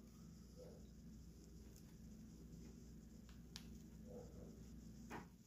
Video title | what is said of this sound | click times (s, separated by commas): OBSERVER TOOLS FLASHLIGHT: UNBOXING AND REVIEW | kind of a little click to let you know all right | 3.6 s